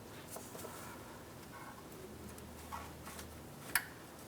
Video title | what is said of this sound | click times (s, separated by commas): How to Replace Alternator 2003-2007 Cadillac CTS 3.6L V6 | There's that click and it's secure. | 3.8 s